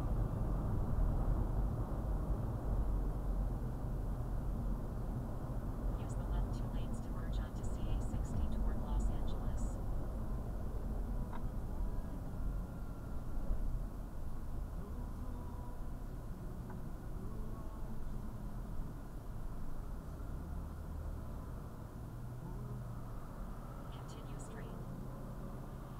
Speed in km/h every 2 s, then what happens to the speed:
56, 53, 52, 48, 45, 34, 29, 24, 23, 18, 10, 3, 0.
0-23 slows to 0. 23-26 standing.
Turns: none.